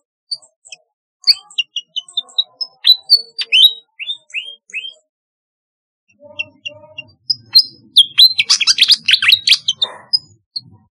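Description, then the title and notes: Flycatcher song of quick chirps and short downslurred whistles, high-pitched, in two bursts separated by a pause, the second denser and more jumbled, with faint low rustling. "Kicau Burung Sikatan"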